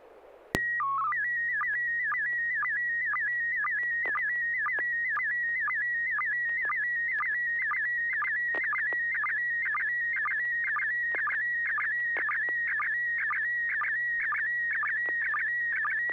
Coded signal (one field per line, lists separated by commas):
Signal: SSTV (slow-scan television)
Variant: PD 120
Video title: N6NA SSTV Net - 11/29/2023